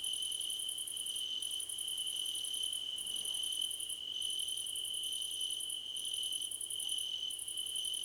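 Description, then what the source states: Crickets chirping together: an unbroken high-pitched trill beneath repeated short trains of rapid pulses, the chorus steady from start to end. Several crickets recorded as a chorus.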